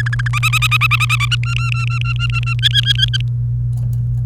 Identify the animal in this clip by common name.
Domestic Canary